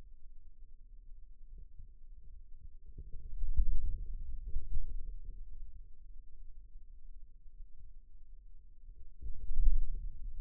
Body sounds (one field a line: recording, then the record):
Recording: forearm muscle sounds (acoustic myography)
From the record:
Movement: pen grasping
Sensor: system 2, bracelet of six BSWA MPA416 microphones around the upper forearm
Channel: 2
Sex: male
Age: 22 years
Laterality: right